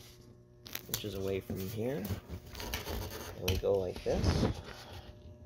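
The fuel pump wiring connector is handled and lined up with the tank hanger's bulkhead fitting, lock tab facing the right way, during a dual in-tank fuel pump install on a Buick Grand National. Someone talks over short rubbing and scraping handling noises. Nothing has seated or clicked yet.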